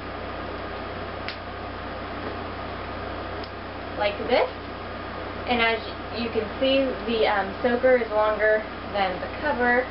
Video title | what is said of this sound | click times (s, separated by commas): Softbums AI2 Cloth Diaper Review | soaker snaps in in the back like this just snaps right in like | 1.3 s